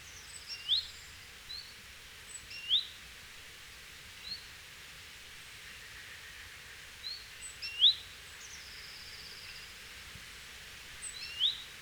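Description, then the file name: Great tit calls: brief, thin, high notes at irregular intervals of a few seconds, with fainter chirps in between, over soft hiss. "Parus major"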